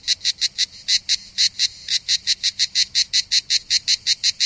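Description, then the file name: Cicada calling in loud rasping pulses, several each second, with slightly uneven spacing and a brief gap early on. Recorded 3 September 2009, around 07:33 in the morning. "Enregistrement Cigales"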